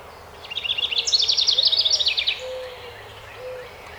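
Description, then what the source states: House wren song: one rapid, chattering, bubbly trill lasting almost two seconds, followed by a couple of soft low whistles. Recorded 12 May 2018.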